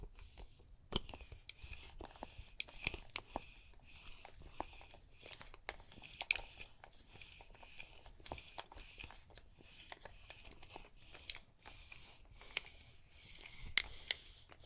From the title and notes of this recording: ASMR Relaxing Neck & Shoulders MASSAGE (No Talking) Layered Sounds.